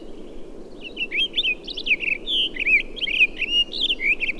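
Townsend's solitaire singing a continuous warble of fast, jumbled, fluty phrases rising and falling without pause, over a low steady background hum.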